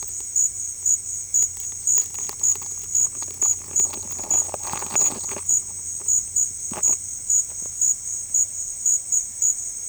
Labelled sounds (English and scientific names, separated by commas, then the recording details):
none
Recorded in secondary vegetation near Puerto Asís, Putumayo, Colombia, on 18 December 2024 at 12:30
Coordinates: 0.481, -76.318
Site G042